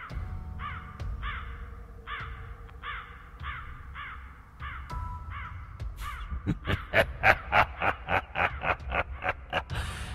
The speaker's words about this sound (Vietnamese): Từ bên ngoài, một đàn quạ từ đâu kéo đến bay ráo rác, tụ lại thành một đám đen xì xì, trao lượn ở ngay trên nóc của quán cà phê, kêu lên những tiếng thê thiết giận người.